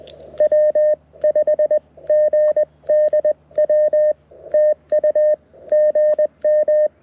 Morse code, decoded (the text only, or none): W5GDW TU GM